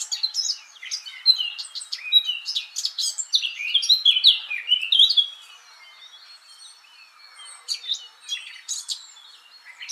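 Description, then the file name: Eurasian blackcap warbling song, a fast jumble of varied chirps and fluty notes for about five seconds, then a thin whistle and a few scattered quieter notes. "Sylvia atricapilla"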